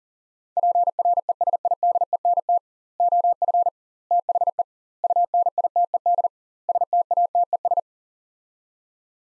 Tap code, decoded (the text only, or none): none